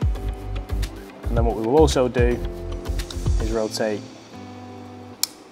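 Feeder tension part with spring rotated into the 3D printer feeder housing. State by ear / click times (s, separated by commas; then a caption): seated / 5.2 s. While reassembling an UltiMaker 2+ Connect 3D printer filament feeder, the spring goes into its cutout and the feeder tension part is rotated round into the housing while someone talks over background music. It clicks into position with one sharp, loud hit at 5.2 s once everything is snug, seating the part.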